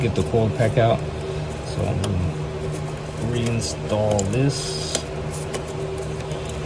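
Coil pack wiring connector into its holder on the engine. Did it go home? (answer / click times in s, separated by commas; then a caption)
no / none. A coil pack wiring connector on a Mercedes E300 engine is handled as it is brought back toward its small plastic holder after the coil pack is refitted, while someone talks over a steady background hum. A brief sharp sound at about 5.5 s stands out, but the connector has not clicked or seated into its holder yet.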